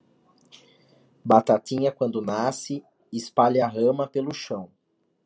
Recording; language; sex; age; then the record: short text; Brazilian Portuguese; male; 30 to 39 years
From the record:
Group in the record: control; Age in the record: 38 years